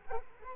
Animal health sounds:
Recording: mosquito wingbeat signal from an infrared sensor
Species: Culex quinquefasciatus

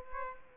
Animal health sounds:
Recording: mosquito wingbeat signal from an infrared sensor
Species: Aedes aegypti

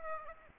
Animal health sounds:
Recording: mosquito wingbeat signal from an infrared sensor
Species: Aedes aegypti

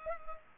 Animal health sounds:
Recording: mosquito wingbeat signal from an infrared sensor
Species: Culex pipiens

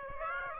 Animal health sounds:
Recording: mosquito wingbeat signal from an infrared sensor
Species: Aedes aegypti

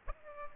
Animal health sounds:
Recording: mosquito wingbeat signal from an infrared sensor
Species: Aedes aegypti

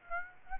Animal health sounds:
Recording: mosquito wingbeat signal from an infrared sensor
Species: Aedes aegypti

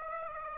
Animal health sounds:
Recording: mosquito wingbeat signal from an infrared sensor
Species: Aedes aegypti

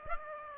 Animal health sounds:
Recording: mosquito wingbeat signal from an infrared sensor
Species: Aedes aegypti

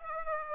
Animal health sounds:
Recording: mosquito wingbeat signal from an infrared sensor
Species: Aedes aegypti

